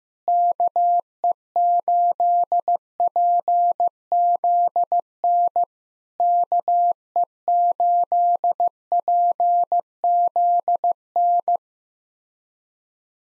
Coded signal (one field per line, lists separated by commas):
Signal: Morse code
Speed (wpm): 15 wpm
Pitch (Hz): 700 Hz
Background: none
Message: KE8PZN KE8PZN